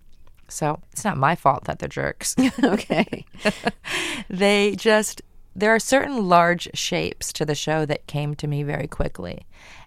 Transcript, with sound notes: So it's not my fault that they're jerks.
(LAUGHTER)
OK.
They just - there are certain large shapes to the show that came to me very quickly.